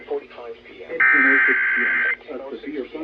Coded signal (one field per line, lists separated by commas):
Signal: Emergency Alert System (SAME) tones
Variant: header bursts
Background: speech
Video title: EAS #1126 - #1128 Severe Thunderstorm Warnings